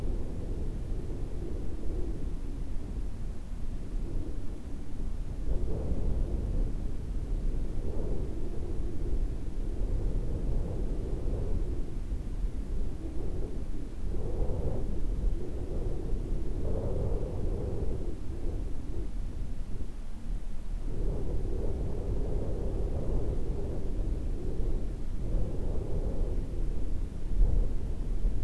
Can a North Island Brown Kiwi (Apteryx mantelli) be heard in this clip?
no